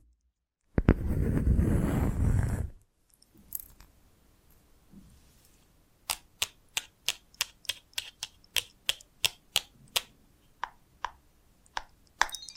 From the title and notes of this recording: ASMR Magic Trigger Potion Shop Invisible Tapping, Scratching, Tracing (No Talking).